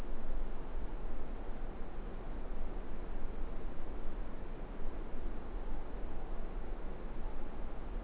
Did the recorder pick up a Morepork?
yes